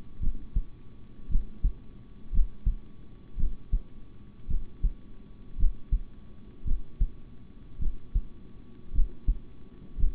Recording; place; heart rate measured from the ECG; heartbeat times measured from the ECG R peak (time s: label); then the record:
heart sounds by stethoscope; between the tricuspid and mitral areas; 55 bpm
0.20 s: heartbeat
1.28 s: heartbeat
2.31 s: heartbeat
3.36 s: heartbeat
4.47 s: heartbeat
5.57 s: heartbeat
6.64 s: heartbeat
7.78 s: heartbeat
8.92 s: heartbeat
9.96 s: heartbeat
From the record:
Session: rest, sitting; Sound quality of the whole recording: good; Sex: male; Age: 26 years